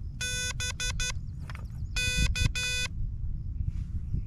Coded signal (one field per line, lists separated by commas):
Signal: Morse code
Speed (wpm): 13 wpm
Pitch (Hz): 2500 Hz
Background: none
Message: BK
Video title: First Morse Code Summit Activation, *Mostly*!